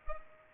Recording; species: mosquito wingbeat signal from an infrared sensor; Culex pipiens